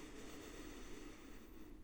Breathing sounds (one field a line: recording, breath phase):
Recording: one breath near a microphone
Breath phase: inhalation